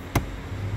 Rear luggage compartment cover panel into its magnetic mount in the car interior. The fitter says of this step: this magnets as well snaps into place sorry